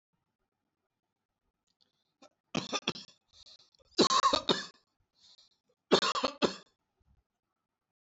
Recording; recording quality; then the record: shallow voluntary cough; excellent, no background noise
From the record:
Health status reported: healthy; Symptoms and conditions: none ticked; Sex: male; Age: 58 years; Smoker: not ticked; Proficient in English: yes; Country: India